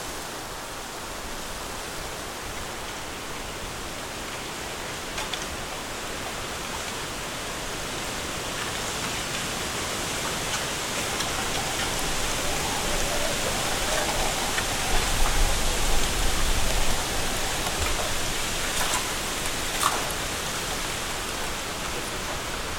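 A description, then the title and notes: Wind rushes steadily through a bamboo forest, a dense hiss that swells around fifteen seconds, with faint knocks and rustles near twenty. Stronger Winds in a Bamboo Forest.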